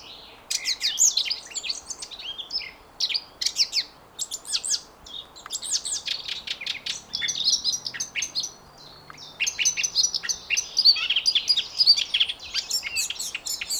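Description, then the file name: Eurasian blackcap song: hurried warbling in phrases separated by short gaps, with varied chirps and trills throughout, mixing scratchy and clearer notes. "Sylvia atricapilla"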